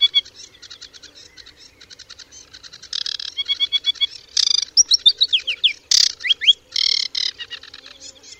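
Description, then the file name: Aquatic warbler song: fast chattering series of scratchy notes building into louder rattles, clear notes and quick downward-sliding whistles. "Wodniczka"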